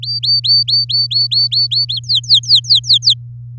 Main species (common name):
Domestic Canary